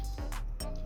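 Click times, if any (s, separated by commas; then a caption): 0.6 s. A plastic back section of an Animated Bumblebee transforming robot figure from Transformers Legacy United is pushed firmly into the torso, where it tabs in and is then spun 180 degrees. A short rustling burst sounds at 0.3 s over a steady low background, followed by a sharp click at 0.6 s as the section seats.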